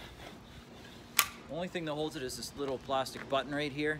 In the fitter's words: so you don't want to be yanking on that thing just pull it till it clicks in and way you go